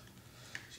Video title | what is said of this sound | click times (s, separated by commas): Installing Leviton USB Wall Outlet | pop that off and then | 0.5 s